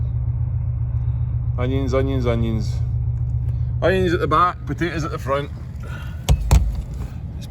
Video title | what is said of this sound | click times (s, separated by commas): Texas to Utah on 18 Wheels | just push that and it clicks back in place | 6.3 s, 6.5 s